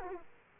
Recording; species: mosquito wingbeat signal from an infrared sensor; Aedes aegypti